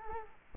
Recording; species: mosquito wingbeat signal from an infrared sensor; Culex quinquefasciatus